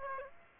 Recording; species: mosquito wingbeat signal from an infrared sensor; Aedes aegypti